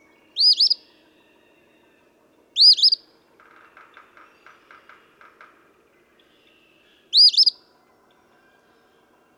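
Eastern phoebe phrases, buzzy and abrupt, given three times with a long pause before the third, during which a quieter series of rapid pulsed notes is heard; a fourth begins at the end.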